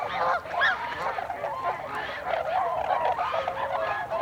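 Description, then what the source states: Tundra swan chorus, overlapping bugling honks with a few sharper, higher notes near the start and a long flat call toward the end. Tundra swans, recorded 26 December 2020.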